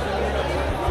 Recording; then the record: background sound without coughing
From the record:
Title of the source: CITY SOUNDS Busy Bar in the Evening Night - 2 HOURS of Ambiance for Relaxation